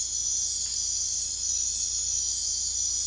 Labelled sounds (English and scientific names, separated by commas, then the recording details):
none
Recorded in dense forest near Puerto Asís, Putumayo, Colombia, on 16 December 2024 at 22:30
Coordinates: 0.466, -76.327
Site G075